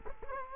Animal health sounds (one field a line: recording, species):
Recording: mosquito wingbeat signal from an infrared sensor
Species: Culex quinquefasciatus